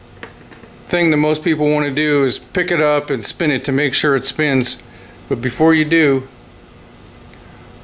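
A reassembled CS144-411 alternator is handled while its brush-retaining pin is still in, so the spring-loaded brushes in the brush holder have not yet snapped down onto the rotor slip rings. Someone talks through most of the clip, with a few faint short ticks near 0.2 s, 0.5 s and 7.3 s. Nothing has seated or clicked yet.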